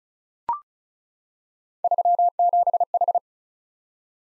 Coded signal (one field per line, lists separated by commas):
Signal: Morse code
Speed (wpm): 36 wpm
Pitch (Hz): 700 Hz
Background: none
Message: 37H